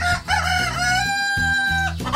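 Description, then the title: Rooster crowing: a drawn-out, harmonic-rich crow held steady for over a second, with a low repeating pulsing sound underneath. Crows at dawn, calling to establish territory and keep other birds away as it starts its morning search for food. "Gallo"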